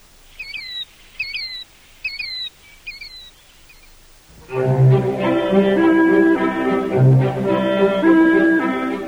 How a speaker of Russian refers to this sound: До свидания, птица крикливый Зуёк. Всего хорошего.